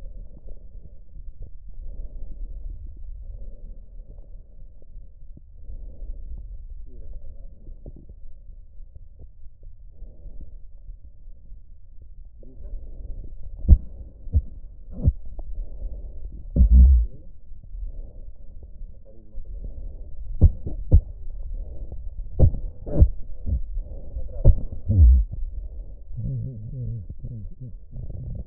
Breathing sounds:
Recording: lung sounds by stethoscope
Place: right anterior apical chest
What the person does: quiet breathing, then cough and speech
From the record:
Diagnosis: pulmonary infection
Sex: male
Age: 69 years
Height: 184 cm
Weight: 115 kg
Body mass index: 34.0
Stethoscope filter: extended mode

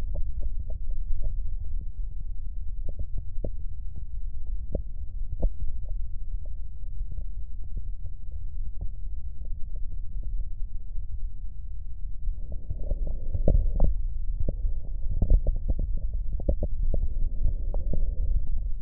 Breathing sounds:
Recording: lung sounds by stethoscope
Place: left posterior basal chest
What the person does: quiet breathing, then deep breathing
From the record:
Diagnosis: COPD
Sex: male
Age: 64 years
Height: 166 cm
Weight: 92.7 kg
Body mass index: 33.6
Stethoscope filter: extended mode

